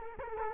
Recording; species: mosquito wingbeat signal from an infrared sensor; Culex quinquefasciatus